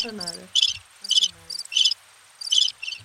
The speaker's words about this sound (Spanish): Es un grillo. Ha sonado. Pero es muy bajo.